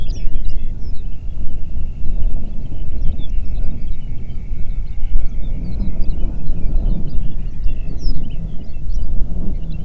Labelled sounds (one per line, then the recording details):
songbird
wind
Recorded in the Prudhoe Bay oil fields, Alaska, on 8 June 2019 at 04:59
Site 30